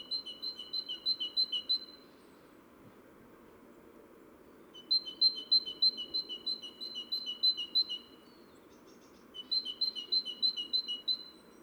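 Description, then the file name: Great tit song: bright two-note phrases repeated rapidly in three bursts of about two to three seconds, separated by pauses, over a steady low background hum. "Parus major"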